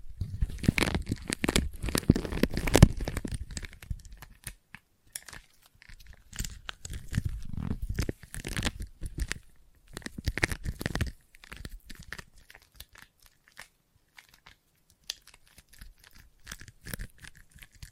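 Sticky tapping and peeling sounds, with dense crackly bursts in the first four seconds that then break into shorter clusters separated by silent gaps. Each burst has a bright, tearing crinkle over low thumps, and the later taps are quieter and more spaced out.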